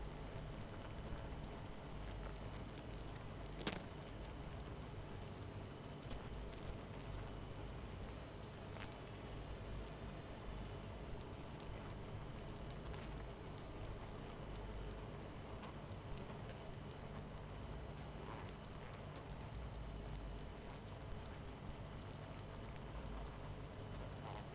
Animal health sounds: honeybee colony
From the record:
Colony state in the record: missing queen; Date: 14 July 2017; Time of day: 23:23

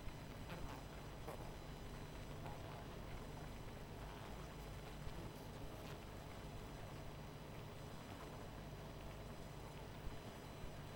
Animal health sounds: honeybee colony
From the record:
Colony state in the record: missing queen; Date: 14 July 2017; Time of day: 19:23

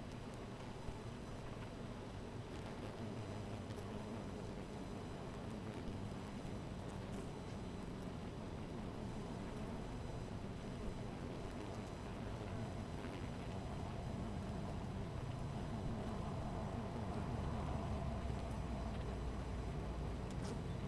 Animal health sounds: honeybee colony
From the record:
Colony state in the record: missing queen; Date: 14 July 2017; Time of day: 13:42

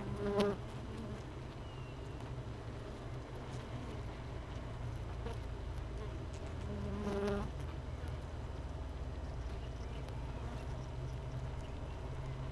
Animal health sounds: honeybee colony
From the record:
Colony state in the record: missing queen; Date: 31 May 2018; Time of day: 13:45

